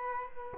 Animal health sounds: mosquito wingbeat signal from an infrared sensor; Culex quinquefasciatus

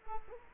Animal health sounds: mosquito wingbeat signal from an infrared sensor; Culex quinquefasciatus

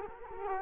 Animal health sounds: mosquito wingbeat signal from an infrared sensor; Culex quinquefasciatus

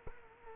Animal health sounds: mosquito wingbeat signal from an infrared sensor; Culex quinquefasciatus

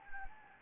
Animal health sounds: mosquito wingbeat signal from an infrared sensor; Anopheles gambiae

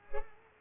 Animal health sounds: mosquito wingbeat signal from an infrared sensor; Culex pipiens

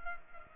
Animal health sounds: mosquito wingbeat signal from an infrared sensor; Culex pipiens

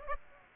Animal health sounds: mosquito wingbeat signal from an infrared sensor; Aedes aegypti

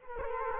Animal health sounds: mosquito wingbeat signal from an infrared sensor; Culex quinquefasciatus

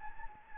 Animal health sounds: mosquito wingbeat signal from an infrared sensor; Anopheles gambiae

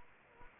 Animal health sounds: mosquito wingbeat signal from an infrared sensor; Anopheles gambiae

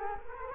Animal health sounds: mosquito wingbeat signal from an infrared sensor; Culex quinquefasciatus

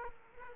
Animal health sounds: mosquito wingbeat signal from an infrared sensor; Aedes aegypti

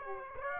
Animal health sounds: mosquito wingbeat signal from an infrared sensor; Aedes aegypti

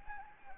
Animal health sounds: mosquito wingbeat signal from an infrared sensor; Anopheles gambiae

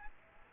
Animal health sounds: mosquito wingbeat signal from an infrared sensor; Aedes aegypti

